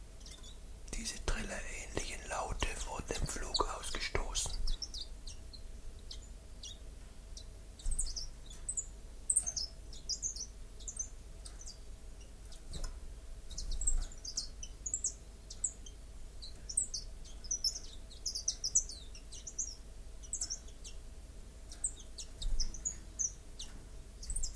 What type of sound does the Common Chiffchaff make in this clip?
song